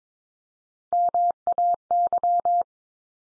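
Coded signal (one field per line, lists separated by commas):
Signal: Morse code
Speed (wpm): 22 wpm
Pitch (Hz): 700 Hz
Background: none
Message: MAY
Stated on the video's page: Practice drill of the 100 most common English words, each sent three times at 22wpm, then sent again.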